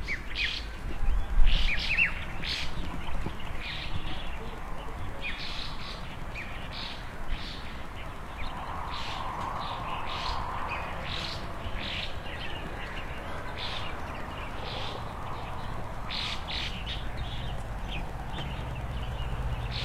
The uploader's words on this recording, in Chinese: 乡间屋前鸟儿欢快嬉闹中。清晨起床，推开窗户，只见鸟儿嬉闹于枝头，一片和谐与安静。